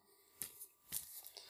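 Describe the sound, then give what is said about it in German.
An envelope being torn open: a few quick, crisp ripping bursts of paper with hissy, bright edges, separated by short pauses, fairly soft overall, with no voices. “Aber es ist viel, viel Papier drin.”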